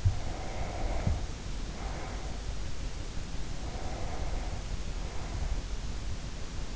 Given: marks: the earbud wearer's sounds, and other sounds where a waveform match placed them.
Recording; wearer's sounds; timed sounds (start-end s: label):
sounds in sleep by an in-ear microphone; breath
0.00-2.70 s: breath
3.37-6.00 s: breath